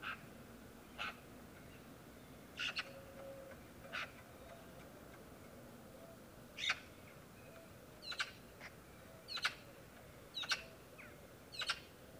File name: Pica pica